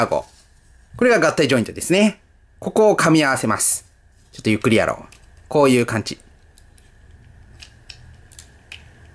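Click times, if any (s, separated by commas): 8.7 s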